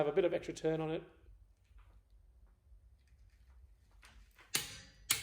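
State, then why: Torque reached. Someone talks, then a long click-type torque wrench tightens a wheel nut on a trailer or caravan wheel until it breaks over at its set torque. It gives loud, sharp clunks at 4.6 s and 5.1 s, each preceded by a faint ratcheting rustle. The nut is confirmed torqued to its setting.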